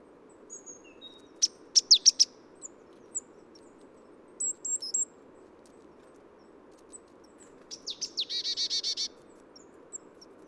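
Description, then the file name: Tit calling: scattered thin high notes and sharp notes, then a short buzzy churr near the end, over a steady low background hum. Social calls, recorded at Neudarss on 3 February 2013. "ebtit-caeruleus-SOC-SOC 1006 h neudarss"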